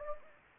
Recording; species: mosquito wingbeat signal from an infrared sensor; Anopheles gambiae